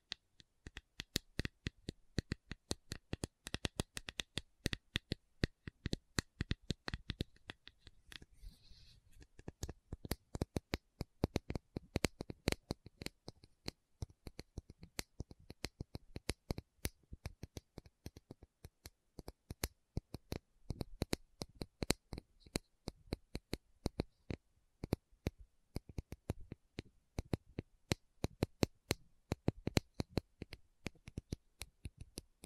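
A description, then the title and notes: A tapping session of quick, sharp taps, some in dense bursts and others in sparser runs, for the full half minute. Each tap is a crisp click with a thud under it. Around the eighth second a brief softer, rustling patch sits between the taps. ASMR 1 Hour Tapping Session (No Talking).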